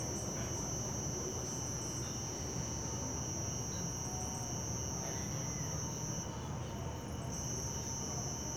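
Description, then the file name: Crickets trilling steadily at a high pitch over low rumbling background noise. Residential setting in late afternoon to evening; many crickets. "Ambiencia residencial fim de tarde muitos grilos e cigarras, morcegos, moto passa no inicio e cigarras somem no final"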